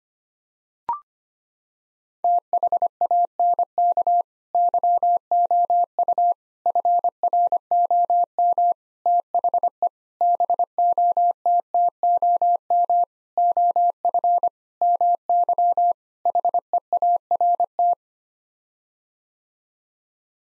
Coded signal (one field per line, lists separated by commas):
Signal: Morse code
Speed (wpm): 25 wpm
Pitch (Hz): 700 Hz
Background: none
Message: THANK YOU FROM THE BOTTOM OF MY HEART